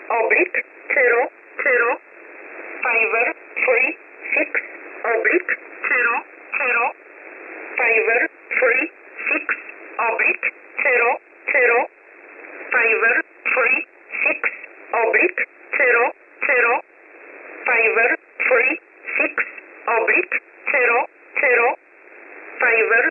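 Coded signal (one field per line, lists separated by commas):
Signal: numbers station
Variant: E11 Oblique, English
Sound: voice reading short evenly spaced words, likely numbers, through a narrow radio channel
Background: radio static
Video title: 16 03 2022 Number station E11 Oblique in English to Eu 0900 on 9968 Warsaw USB mode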